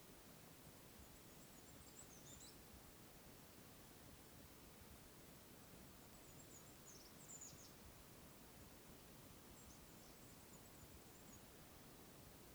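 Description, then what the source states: Bird calls, three faint, high-pitched chittering phrases with quick falling notes spread throughout, under constant soft rushing noise. Wild birds calling in the wild bird forest at Oneyama.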